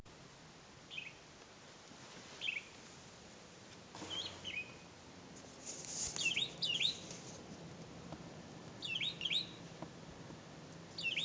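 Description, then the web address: Bird calls: scattered short high chirps and twittering notes, some in quick pairs, with a brief burst of noise in the middle over constant background hiss. "misc bird"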